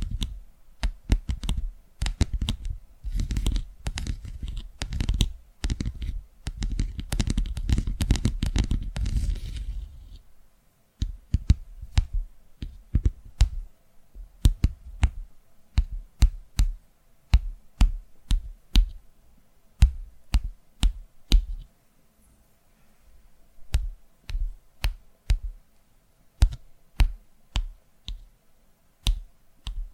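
Tapping in quick, uneven bursts, each tap a sharp click with a low thud beneath it. For the first ten seconds the taps come thick and fast over a steady rustling hiss, then the hiss drops away and the taps continue more sparsely, grouped in short clusters with gaps of silence.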